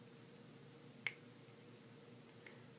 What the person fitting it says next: that little snap that means his helmet is on